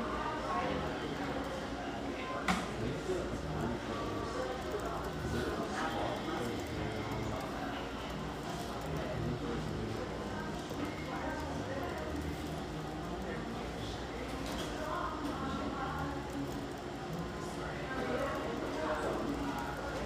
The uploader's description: the sounds and mellow radio of this beautiful exposed-brick coffeehouse in the Northeast Portland neighborhood of Hazelwood